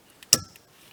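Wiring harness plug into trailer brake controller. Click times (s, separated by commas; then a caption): 0.3 s. A wiring harness plug is pushed into a trailer brake controller during installation in a Nissan Xterra SUV. A single sharp click sounds at 0.3 s, with faint ticks just before and after it. The plug clicks into place and is seated.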